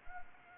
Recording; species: mosquito wingbeat signal from an infrared sensor; Anopheles gambiae